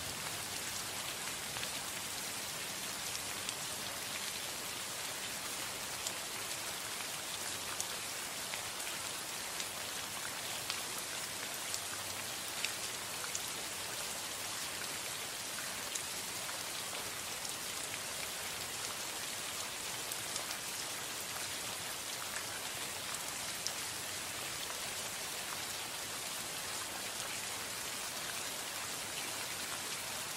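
Steady rain falls throughout, a dense, even hiss of countless drops hitting a surface. The sound stays bright with little change in level, and only faint, scattered louder patters stand out. No distinct rumbles break through.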